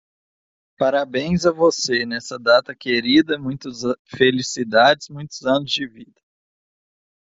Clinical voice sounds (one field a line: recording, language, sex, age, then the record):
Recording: short text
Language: Brazilian Portuguese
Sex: male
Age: 20 to 29 years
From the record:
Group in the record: control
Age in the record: 28 years